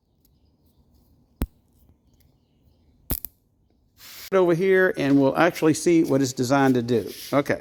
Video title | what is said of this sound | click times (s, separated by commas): NEW Crappy Twist Cut Zip Ties from Harbor Freight | Like any other zip tie, you take your tip there and you will want to stick it in the hole right here. You'll hear it click. | 1.4 s, 3.1 s, 3.2 s